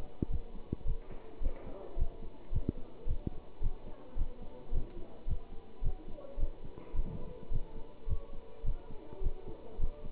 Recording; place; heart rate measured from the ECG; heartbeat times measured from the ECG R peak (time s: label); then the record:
heart sounds by stethoscope; between the tricuspid and mitral areas; 107 bpm
0.29 s: heartbeat
0.85 s: heartbeat
1.41 s: heartbeat
1.96 s: heartbeat
2.51 s: heartbeat
3.06 s: heartbeat
3.61 s: heartbeat
4.16 s: heartbeat
4.71 s: heartbeat
5.26 s: heartbeat
5.82 s: heartbeat
6.38 s: heartbeat
6.94 s: heartbeat
7.50 s: heartbeat
8.06 s: heartbeat
8.64 s: heartbeat
9.21 s: heartbeat
9.78 s: heartbeat
From the record:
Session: pedaling a stationary bicycle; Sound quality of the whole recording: good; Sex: male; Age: 27 years